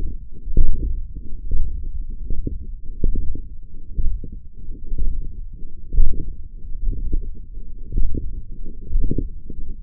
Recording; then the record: forearm muscle sounds (acoustic myography)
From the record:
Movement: radial deviation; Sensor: system 1, eight BSWA MPA416 microphones around the upper forearm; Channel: 5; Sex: male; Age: 21 years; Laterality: right